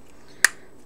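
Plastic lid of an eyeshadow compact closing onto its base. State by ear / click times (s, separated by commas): seated / 0.4 s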